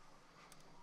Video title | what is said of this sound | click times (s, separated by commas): DIY CloneHero Controller: Riffstick Open Source Assembly & Wiring Instructions | Holding the key switch up and the fret clicks down to place. | 0.5 s